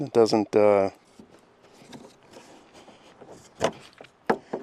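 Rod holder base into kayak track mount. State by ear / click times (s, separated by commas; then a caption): not seated / none. A kayak rod holder base is pushed down into its track mount while someone talks briefly at the start, followed by quiet handling noise and a few short knocks near 3.6 s and 4.3 s. The base does not lock in automatically, and nothing has seated or clicked yet.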